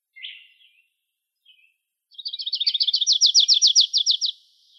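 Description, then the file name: Grace's warbler song: a thin high chip and a couple of faint notes, then a fast trill of many bright repeated notes that swells in loudness over about two seconds. Recorded in Arizona on 16 May 2003. "GRWA 3 deviche"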